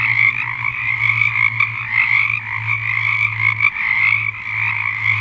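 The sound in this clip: Frog chorus of steady overlapping trills, accompanied by a low constant hum.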